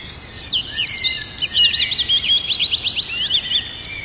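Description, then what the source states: Bird song, a high rapid twittering phrase of quick trills and warbled notes running steadily for about three and a half seconds over low background hiss. In a forest.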